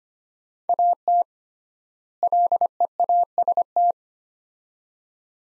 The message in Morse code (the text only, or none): AT LEAST